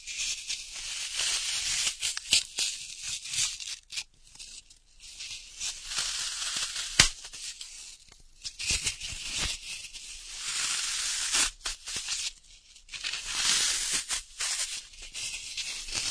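Ear picking: dense scratchy rustling that comes in uneven bursts and stops for brief silent gaps around four, nine and twelve seconds. The scraping sounds bright and crackly, with occasional sharp clicks and a faint low hum underneath.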